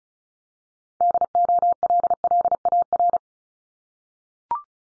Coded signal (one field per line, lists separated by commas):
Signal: Morse code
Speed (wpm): 36 wpm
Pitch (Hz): 700 Hz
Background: none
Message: DOLLAR